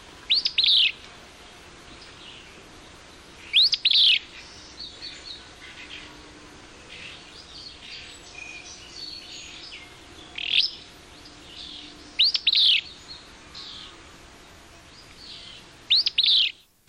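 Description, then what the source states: Willow Flycatcher singing several songs at irregular intervals. Recorded at Kern River Preserve, Southern California; rising brit at the beginning and between fitz-bews, a less common element of the song repertoire.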